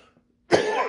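After a near-silent pause comes one abrupt, loud cough from an adult man, with a rough, partly voiced throat-clearing quality, lasting under half a second. It is a single isolated cough in a quiet indoor room.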